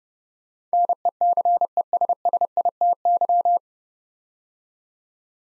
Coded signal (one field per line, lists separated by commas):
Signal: Morse code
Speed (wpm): 30 wpm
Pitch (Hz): 700 Hz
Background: none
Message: NECESSITY